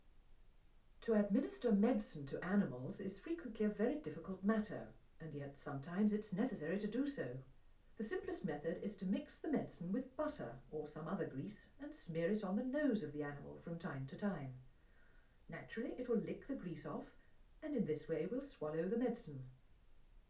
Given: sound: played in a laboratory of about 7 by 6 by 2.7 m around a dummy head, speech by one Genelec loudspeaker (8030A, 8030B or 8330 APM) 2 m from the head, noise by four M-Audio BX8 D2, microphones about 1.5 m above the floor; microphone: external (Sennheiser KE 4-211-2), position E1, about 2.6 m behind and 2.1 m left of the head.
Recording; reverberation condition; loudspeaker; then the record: female speech in English; low; 30 degrees to the left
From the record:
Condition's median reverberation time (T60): about 310 ms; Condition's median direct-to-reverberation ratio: about 3.5 dB